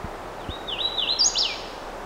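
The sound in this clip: Hooded warbler singing a bright, rolling phrase of swinging whistled notes that climbs to a sharp accented finish, over faint low environmental noise and a couple of soft thumps.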